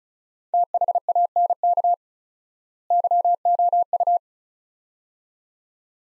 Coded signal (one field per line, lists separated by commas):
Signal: Morse code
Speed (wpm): 36 wpm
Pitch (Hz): 700 Hz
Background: none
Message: THANK YOU